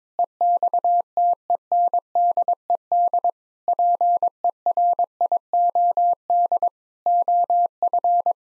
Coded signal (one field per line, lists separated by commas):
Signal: Morse code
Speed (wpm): 22 wpm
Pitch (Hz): 700 Hz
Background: none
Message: EXTENDED PERIOD OF